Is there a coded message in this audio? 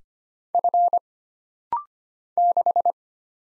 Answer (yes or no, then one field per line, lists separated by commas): yes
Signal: Morse code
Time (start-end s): 0.5-2.9 s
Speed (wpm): 25 wpm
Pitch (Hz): 700 Hz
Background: none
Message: F 6